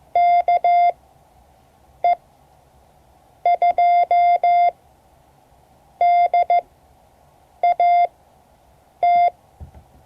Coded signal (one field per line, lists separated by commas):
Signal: Morse code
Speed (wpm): 15 wpm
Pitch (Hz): 700 Hz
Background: none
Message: KE2DAT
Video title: Morse code class 2024-07-25 (3 of 12)